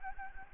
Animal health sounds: mosquito wingbeat signal from an infrared sensor; Anopheles gambiae

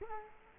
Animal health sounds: mosquito wingbeat signal from an infrared sensor; Culex quinquefasciatus

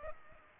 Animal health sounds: mosquito wingbeat signal from an infrared sensor; Culex pipiens

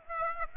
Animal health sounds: mosquito wingbeat signal from an infrared sensor; Aedes aegypti

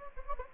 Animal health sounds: mosquito wingbeat signal from an infrared sensor; Anopheles gambiae

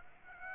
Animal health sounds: mosquito wingbeat signal from an infrared sensor; Aedes aegypti

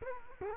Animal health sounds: mosquito wingbeat signal from an infrared sensor; Culex quinquefasciatus

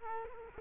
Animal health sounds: mosquito wingbeat signal from an infrared sensor; Culex quinquefasciatus

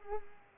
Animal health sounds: mosquito wingbeat signal from an infrared sensor; Culex pipiens

